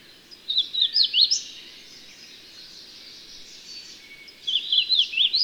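Bird song with two short bursts of rapid, high, sliding chirps, one early and one at the end, separated by hissy background.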